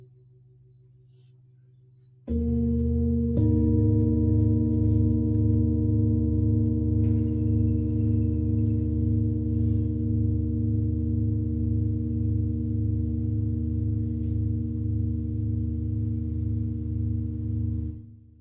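A singing bowl is struck at about two seconds and hums as a deep, steady, pulsing drone, nearly unchanged until it fades near the end.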